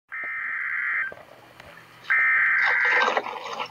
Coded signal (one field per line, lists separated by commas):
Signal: Emergency Alert System (SAME) tones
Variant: header bursts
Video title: REAL EAS 320-Tornado warning